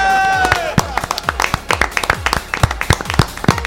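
An audience breaks into steady applause for a contest participant who scored 8 points, many hands clapping in a dense, crackling patter that stays loud throughout, with a short descending musical tone sounding at the very start.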